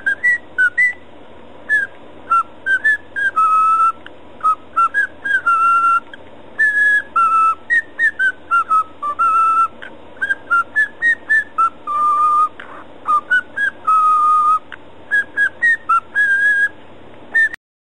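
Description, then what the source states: Cockatiel whistling a repeated melodic phrase of short, clear notes that climb and drop, recurring in similar runs throughout. Whistling (siulan).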